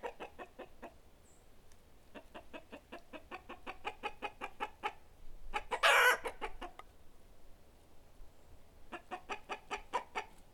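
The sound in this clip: Chickens clucking in quick runs of sharp, rhythmic notes, pausing between bouts, with one loud harsh burst in the middle.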